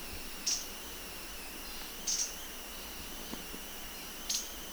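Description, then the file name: Grey-bellied tesia giving three abrupt, high-pitched chip notes at irregular intervals over a constant high drone. Call; Da Yao Shan, Guangxi, China. "Grey Bellied Tesia Call - 004 Guangxi Da Yao Shan"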